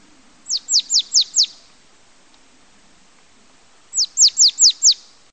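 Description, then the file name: Marsh tit singing two bursts of five rapid, high notes that each slide steeply downward, separated by about two and a half seconds of quiet. "Mesange nonnette"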